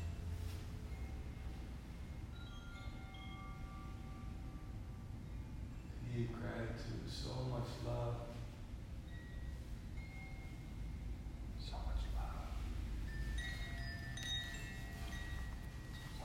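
Bells and chimes ring out over a steady low drone, their long tones hanging and overlapping throughout. Bursts of voice-like sound rise around six to nine seconds and again near twelve, while bright metallic chimes sparkle in the upper range toward the end.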